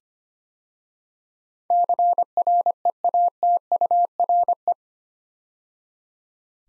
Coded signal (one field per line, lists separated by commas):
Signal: Morse code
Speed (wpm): 25 wpm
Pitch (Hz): 700 Hz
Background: none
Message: CREATURE